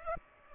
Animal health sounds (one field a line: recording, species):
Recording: mosquito wingbeat signal from an infrared sensor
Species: Culex pipiens